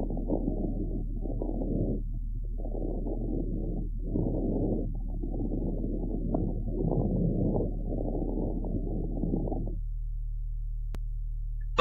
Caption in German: Chronischer Bronchitis mit Lungenemphysem wird zuweilen das fauchende Giemen und Rasseln von einem Knistergeräusch überlagert.